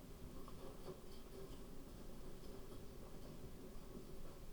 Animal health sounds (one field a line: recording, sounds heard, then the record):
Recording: poultry house recording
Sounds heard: no chicken sound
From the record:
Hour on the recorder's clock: 20